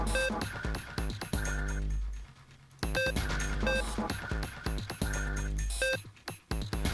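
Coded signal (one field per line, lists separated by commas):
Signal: none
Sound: puzzle game sound effects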